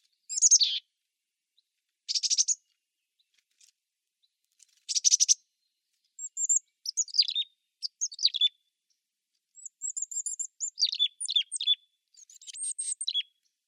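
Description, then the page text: Mountain chickadee calls: a few buzzy bursts at first, then a run of high, thin, twittering chips and short slurred notes with brief gaps. Single call. "Mountain Chickadee Single Call. Quick Sounds"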